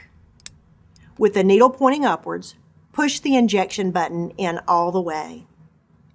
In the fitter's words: dial the dosage knob one mark on the dosage scale until you hear a click